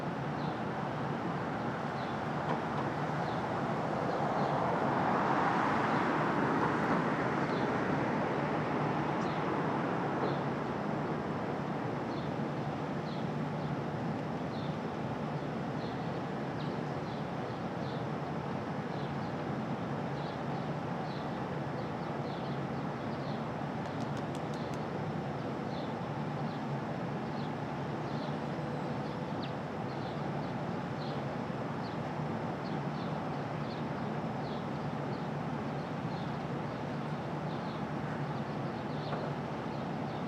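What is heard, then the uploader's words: Brooklyn at dawn: a steady, dense rumble of traffic fills the whole clip. A vehicle swells past between about three and ten seconds, then the sound settles back to an even hum. Faint high chirps repeat regularly throughout. Street Traffic.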